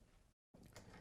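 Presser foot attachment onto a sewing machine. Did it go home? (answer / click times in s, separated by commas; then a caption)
yes / 0.8 s. A presser-foot attachment is popped into place on a sewing machine. Steady background noise, a brief silent gap, and then a short, sharp click at 0.8 s as the attachment seats.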